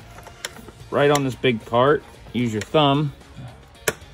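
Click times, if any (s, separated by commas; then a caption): 3.9 s. A thumb pushes on the back of a plastic spring clip on a Corolla's engine air filter housing until it snaps shut over the air box lid, seating the clip. Someone talks through most of the clip, with a faint tap at 0.5 s. The sharp snap of the clip closing comes at 3.9 s.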